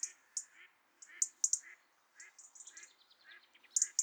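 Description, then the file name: European robin with bursts of bright, high ticks, some doubled, and repeated lower, softer notes underneath. "Erithacus rubecula"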